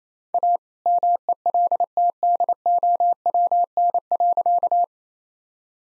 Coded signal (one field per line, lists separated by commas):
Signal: Morse code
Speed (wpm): 28 wpm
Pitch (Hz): 700 Hz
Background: none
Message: A MELTDOWN.